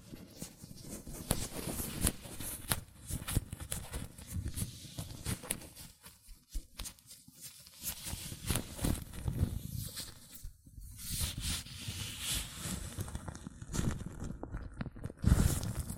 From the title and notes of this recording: ASMR Latex Gloves Hand Sounds (No Talking).